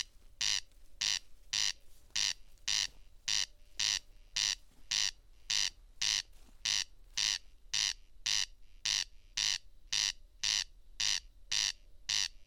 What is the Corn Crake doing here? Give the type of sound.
song